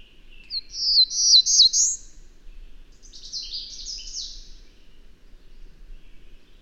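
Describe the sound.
Bird song in two high, fast twittering phrases, each about one and a half seconds long and separated by a pause of about a second, against quiet background.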